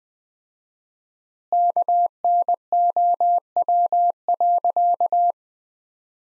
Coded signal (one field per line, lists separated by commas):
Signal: Morse code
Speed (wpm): 20 wpm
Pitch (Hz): 700 Hz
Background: none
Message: KNOW.